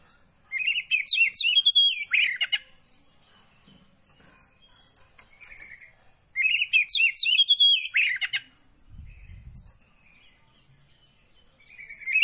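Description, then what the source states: Oriental magpie-robin repeating a fast, rolling phrase of whistled and buzzy notes twice, with softer notes between and a brief low thump. Poci variety of kacer (magpie-robin), singing vigorously in the gacor style.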